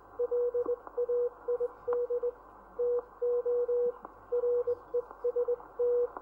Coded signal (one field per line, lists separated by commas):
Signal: Morse code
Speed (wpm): 19 wpm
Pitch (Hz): 480 Hz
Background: none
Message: LAID TO REST